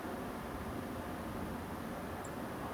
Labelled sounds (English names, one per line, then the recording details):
Song Thrush
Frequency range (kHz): Song Thrush 7.0-10.9 kHz
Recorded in France